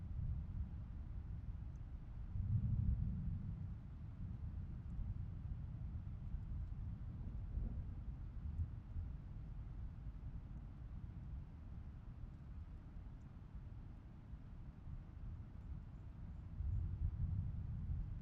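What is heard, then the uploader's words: Swollen torrential streams roar in a dense, continuous low rush that stays heavy and deep throughout, with almost nothing bright above it. The roar swells briefly around two to three seconds and again near the end, and otherwise holds steady. Recorded in Slovenia by Gregor Vida.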